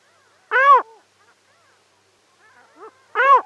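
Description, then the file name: Caspian gull giving two loud mewing calls that rise and then fall, separated by about two and a half seconds, with a few faint short notes between them. "Golosa ptic - Hohotunya Larus cachinnans"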